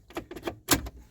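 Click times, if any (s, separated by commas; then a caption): 0.7 s. A plastic wiring harness connector is pushed by hand into the headlight switch of a Jeep XJ during a headlight overhaul meant to prevent a melted switch connector. A few light plastic ticks and rattles come between 0.1 and 0.5 seconds, then a sharp, loud click at 0.7 seconds as the connector seats, followed by a softer tick. The connector clicks in and is seated, though a problem turns up right afterwards.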